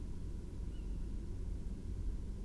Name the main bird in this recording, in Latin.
Strix aluco